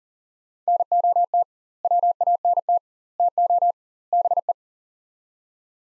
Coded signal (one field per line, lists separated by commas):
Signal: Morse code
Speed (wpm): 40 wpm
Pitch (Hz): 700 Hz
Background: none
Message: NOT WANT TO BE